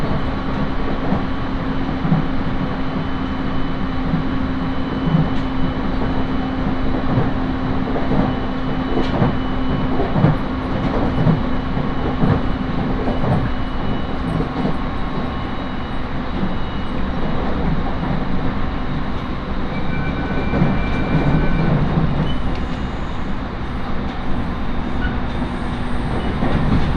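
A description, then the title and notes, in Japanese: Inside a 701-series train on the Tohoku Line, a steady low rumble and rattle continue throughout, with a faint high tone around twenty seconds. 鉄道旅 東北本線 仙台→小牛田。6:00発の始発列車小牛田行きに乗車します。701系の4両編成、仙台から離れていくのでそれほど混雑はありません。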